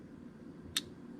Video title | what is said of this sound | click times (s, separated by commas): Winchester Safe Electronic Lock Issues? Try Some Real Magic. | you should hear latch | 0.8 s